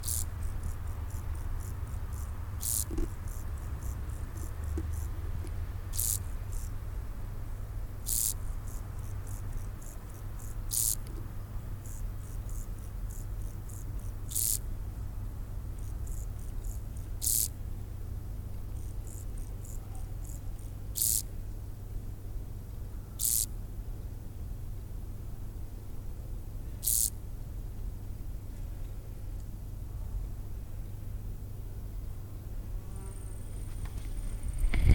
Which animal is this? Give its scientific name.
Chorthippus brunneus